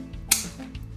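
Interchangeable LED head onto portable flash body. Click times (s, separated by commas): 0.3 s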